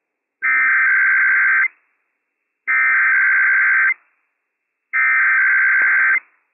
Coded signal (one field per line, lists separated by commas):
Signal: Emergency Alert System (SAME) tones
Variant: header bursts